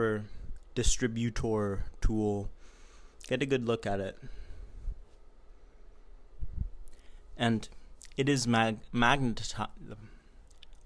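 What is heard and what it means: A metal espresso distributor tool is held up and handled before being placed on its magnetic base, while someone talks over quiet pauses with a few faint ticks. The tool has not yet clicked onto its base.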